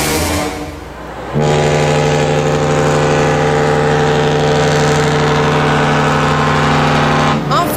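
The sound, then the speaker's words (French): A boat engine rumbles low, then a loud, steady horn blast sounds for about six seconds, a deep rich tone held evenly before cutting off abruptly, on a boat rented for the summer. “Sur le bateau que c'est fou nous a loué pour l'été.”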